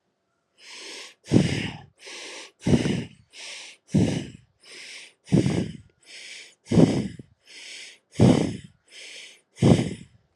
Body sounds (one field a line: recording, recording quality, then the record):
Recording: shallow breathing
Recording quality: moderate, slight background noise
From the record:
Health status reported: healthy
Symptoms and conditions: diabetes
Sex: male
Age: 45 years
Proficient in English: yes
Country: India